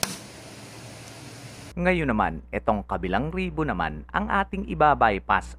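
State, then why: Seated. A flat ribbon cable is slid centered into its connector on a TV's T-con board, and the plastic lock is pushed closed, snapping shut at 0.0 s to seat the cable. A quiet hiss follows until about 1.7 s, and then someone talks.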